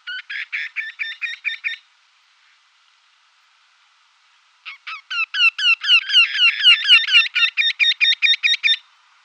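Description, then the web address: Eurasian wryneck giving two series of repeated nasal notes separated by a pause of about three seconds, the second series longer and louder. Display call. "Schulze Peter Eurasian Wryneck display"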